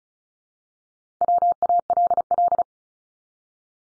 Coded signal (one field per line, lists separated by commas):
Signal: Morse code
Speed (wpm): 36 wpm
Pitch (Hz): 700 Hz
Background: none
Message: WALL